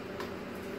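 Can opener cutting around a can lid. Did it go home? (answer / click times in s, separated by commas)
released / 0.2 s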